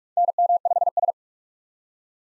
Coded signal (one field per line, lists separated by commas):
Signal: Morse code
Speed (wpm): 43 wpm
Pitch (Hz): 700 Hz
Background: none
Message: NM5S